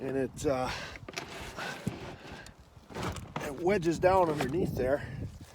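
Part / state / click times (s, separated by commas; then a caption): rubber floor panel into pontoon boat frame / not seated / none. A rubber floor panel is pushed into a pontoon boat frame and wedged down underneath while someone talks, with a few short soft knocks of handling. Nothing has seated or clicked yet.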